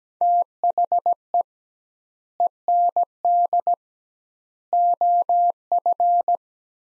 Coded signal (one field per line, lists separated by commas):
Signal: Morse code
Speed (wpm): 17 wpm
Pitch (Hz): 700 Hz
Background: none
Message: THE END OF